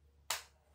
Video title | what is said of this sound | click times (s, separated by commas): TEGE Holster level II retention for Glock pistols | So there, it's locked in now. | 0.3 s